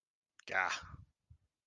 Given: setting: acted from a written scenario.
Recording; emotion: vocal sound without words; disappointment